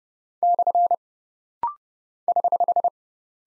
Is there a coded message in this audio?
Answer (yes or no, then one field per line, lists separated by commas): yes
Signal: Morse code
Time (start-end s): 0.4-2.9 s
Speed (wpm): 30 wpm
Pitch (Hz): 700 Hz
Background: none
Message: / <HH>